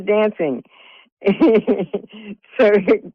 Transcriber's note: laughs